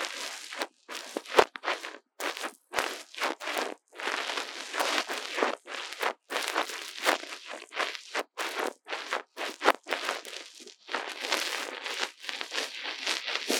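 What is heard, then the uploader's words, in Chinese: Tingle sounds on a mini microphone: dense bursts of crinkly, crackling rustle, bright and hissy, broken by short silent gaps every second or so. A few sharp clicks pop out near the start and around the ten-second mark. ASMR 刺痛觸發迷你麥克風 | Tingles With Mini Mic | Lo-fi | No Talking。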